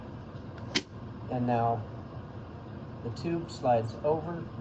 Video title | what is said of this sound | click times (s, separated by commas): Tracheal Access Geometry in the Video Laryngoscope Era - The Webinar | and then I release the handle. Hear that click? | 0.8 s